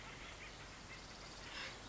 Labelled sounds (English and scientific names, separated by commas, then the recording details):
Acorn Woodpecker (Melanerpes formicivorus)
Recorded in Sonoma County, California